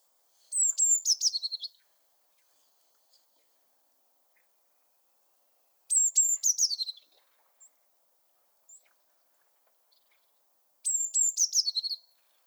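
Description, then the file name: Eurasian blue tit calling: three high, thin phrases, each sliding down into a rapid, fading trill, repeated about every five seconds against a quiet background. "Cyanistes caeruleus"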